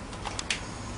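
On a Tao Tao CY150A scooter, the front headlight wiring plug is pushed into the harness connector on the plastic scooter body. A couple of faint ticks are heard at about 0.3 and 0.4 seconds, then a sharp snap at 0.5 seconds as the connector seats, over a steady low background hum.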